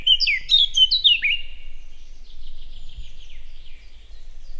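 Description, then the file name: Eurasian blackcap song: a loud burst of clear, fluty whistled phrases with sharp downward slurs, then a softer, scratchy twittering warble trailing off for a few seconds. "Sylvia atricapilla"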